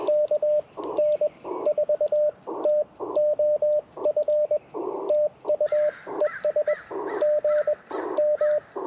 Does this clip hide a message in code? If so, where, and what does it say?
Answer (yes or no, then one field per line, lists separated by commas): yes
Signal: Morse code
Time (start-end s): 0.1-8.6 s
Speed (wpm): 21 wpm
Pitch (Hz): 590 Hz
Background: radio noise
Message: KN4TOF TU ES GM